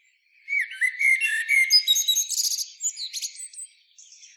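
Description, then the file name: Common blackbird song: a low, mellow fluted warble that breaks into a high, squeaky twittering flourish, one phrase lasting about three seconds. "Turdus merula"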